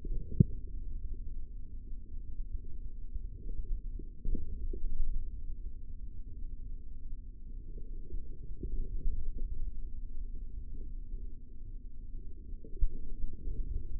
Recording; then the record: forearm muscle sounds (acoustic myography)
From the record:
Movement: forearm supination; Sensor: system 3, bracelet of six PUI Audio POM-2738L microphones around the upper forearm, with dedicated amplification and filtering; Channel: 5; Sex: male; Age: 23 years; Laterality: right